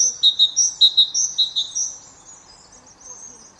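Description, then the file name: Great tit calling with a rapid run of high, ringing phrases, alternating lower and higher notes, several repeats before fading into quiet background. "Parus major"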